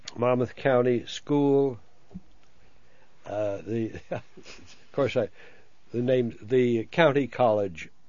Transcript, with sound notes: Monmouth County school. The... ( he laughs ) Of course, I, the name, the county college.